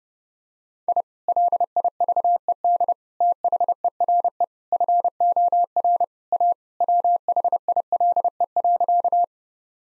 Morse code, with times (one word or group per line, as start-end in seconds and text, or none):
0.9-1.0 I
1.3-2.9 LIVED
3.2-4.4 THERE
4.7-6.0 FOR
6.3-6.5 A
6.8-9.2 WHILE.